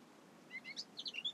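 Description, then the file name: Eurasian blackcap giving a short run of faint, high chirping notes, growing busier toward the end, over a low background hiss. "Sylvia atricapilla"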